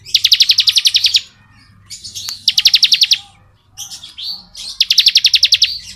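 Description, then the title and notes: Bar-winged prinia delivering three loud, evenly pulsed buzzy trills, each about a second long, with softer chirps in the gaps. Ngebren song style of the ciblek, used as tutor audio for training white-rumped shamas (murai batu). "Ciblek Ngebren Untuk Masteran Murai Batu. Suara burung ciblek - Suara Nada"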